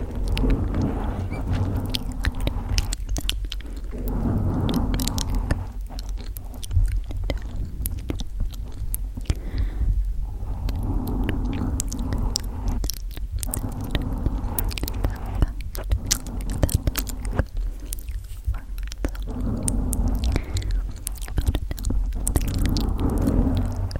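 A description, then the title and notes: Dense scratching on a mic over a steady low rumble, with soft wet mouth sounds and clicks throughout, swelling in waves every few seconds. ASMR Mic Scratching & Gentle Mouth Sounds.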